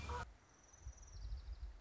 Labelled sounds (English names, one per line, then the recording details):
Orange-crowned Warbler
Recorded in Sonoma County, California